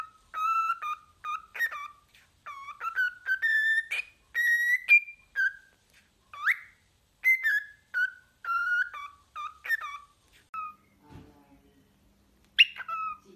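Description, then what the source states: Cockatiel whistling a long tuneful sequence of clear notes, with a soft thump near the end and a final whistle. Several cockatiels singing with whistles.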